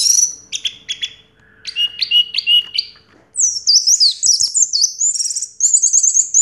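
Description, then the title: Orange-headed thrush song: clipped repeated notes at first, then a rapid, tumbling, very high warble of twisting whistles. Call used to prompt a silent orange-headed thrush to sing. "Anis Merah Macet.. Pancing Dengan Suara Ini.. # Anis Merah"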